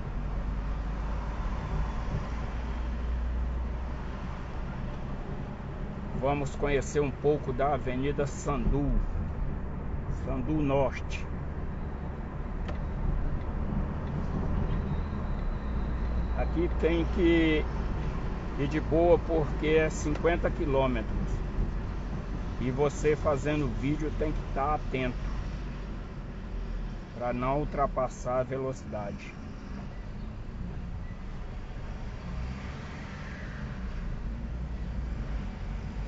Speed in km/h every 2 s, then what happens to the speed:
34, 38, 41, 41, 42, 41, 45, 46, 44, 41, 36, 32, 24, 16, 11, 8, 10, 19.
0-4 speeds up to 41. 4-14 steady at about 41. 14-29 slows to 8. 29-36 speeds up to 19.